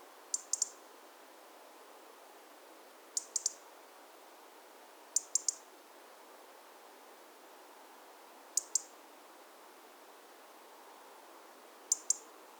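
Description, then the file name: European robin tick calls: clusters of two or three rapid, high clicks returning every few seconds, with only quiet hiss around them. "Erithacus rubecula"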